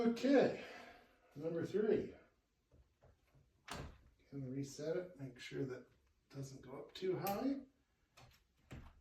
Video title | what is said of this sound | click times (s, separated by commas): Full installation of Hunter Douglas PowerView 3% Screen Shades (Solar Shades) - Sliding Glass Door | clicks right in now doing this method rather than measuring it you'll notice I get zero slop on these | 8.2 s, 8.7 s